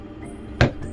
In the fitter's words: there we go little Click